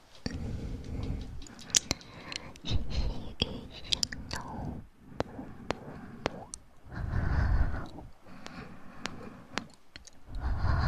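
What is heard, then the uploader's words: Ear massage and mouth sounds: soft rubbing swells in low rumbling bursts every few seconds, punctuated by sharp wet clicks and pops throughout. Ear Massage & Mouth Sounds.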